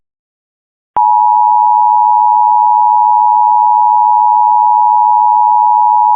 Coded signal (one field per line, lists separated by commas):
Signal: Emergency Alert System (SAME) tones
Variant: 853 and 960 Hz attention tone